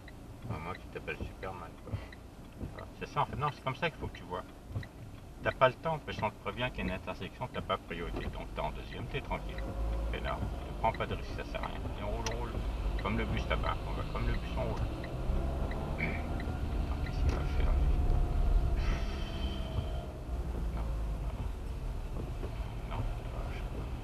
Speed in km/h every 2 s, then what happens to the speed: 0, 0, 0, 0, 1, 6, 12, 22, 20, 18, 13, 11.
0-8 standing. 8-15 pulls away to 22. 15-24 slows to 11.